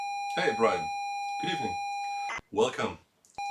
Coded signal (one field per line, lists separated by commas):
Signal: ZX Spectrum tape loading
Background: speech